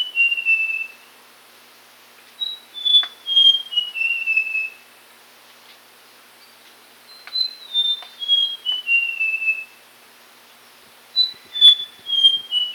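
Papuan logrunner calling, a series of clear whistled notes stepping down in pitch, phrases repeated about every two to five seconds with quiet gaps between.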